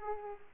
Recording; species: mosquito wingbeat signal from an infrared sensor; Culex pipiens